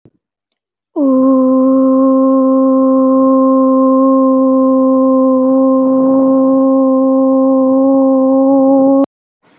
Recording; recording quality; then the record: sustained vowel as in boot; excellent, no background noise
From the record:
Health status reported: healthy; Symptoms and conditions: none ticked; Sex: female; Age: 27 years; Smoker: not ticked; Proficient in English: yes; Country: India